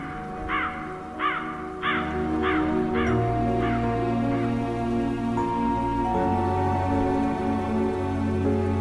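A flock of crows flying in the rain caws in a quick series of about seven harsh, raspy calls that grow fainter and trail off, over a steady background hiss and low droning hum.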